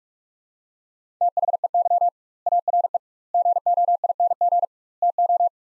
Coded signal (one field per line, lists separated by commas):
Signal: Morse code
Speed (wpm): 45 wpm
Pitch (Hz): 700 Hz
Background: none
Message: THEY ARE GOING TO